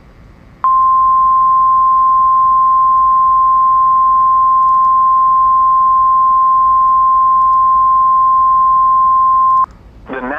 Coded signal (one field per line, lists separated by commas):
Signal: Emergency Alert System (SAME) tones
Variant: 1050 Hz attention tone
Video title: EAS Alert #199: Severe Thunderstorm Watch 524 in Indiana (Jul 20, 2023)